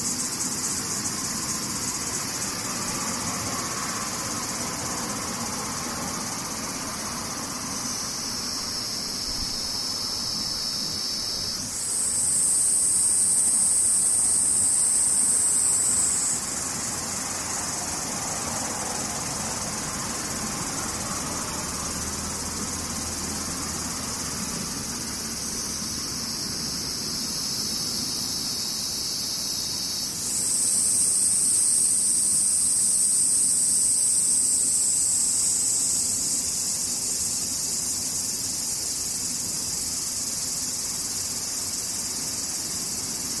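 Cicadas buzz steadily throughout in a high, thin whine. Twice the calling swells louder and shriller, from about 12 to 16 seconds and again from 30 to 36 seconds, each surge building up over several seconds before easing back to the constant drone.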